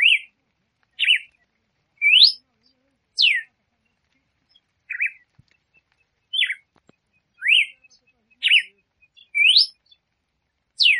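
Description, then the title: Red-cowled cardinal song of varied whistled notes, arched, zigzag, rising and falling, repeated roughly every second with a brief pause midway. Female singing to stimulate the male. "Canto Galo Campina Fêmea 01. Fêmea de Galo de Campina Cantando para Foguear o Macho"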